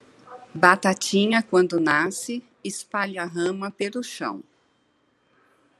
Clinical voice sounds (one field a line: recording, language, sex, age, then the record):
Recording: short text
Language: Brazilian Portuguese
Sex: female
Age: 60 to 69 years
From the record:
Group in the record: control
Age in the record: 60 years